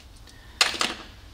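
A spark plug in the cylinder head of a 2007 Toyota Sequoia is tightened with a tool set to its low soft-clutch setting until the torque-limiting clutch clicks out. A sharp, loud click is heard at 0.6 s, followed by a second, quieter click at 0.8 s, and the plug is torqued.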